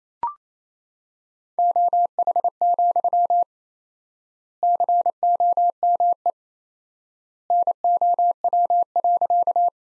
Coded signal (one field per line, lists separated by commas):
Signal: Morse code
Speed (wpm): 28 wpm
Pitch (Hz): 700 Hz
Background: none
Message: OH, COME NOW.